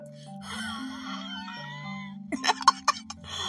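A 52-year-old woman breathing with a sustained, musical wheeze, followed by several short, gasping breaths.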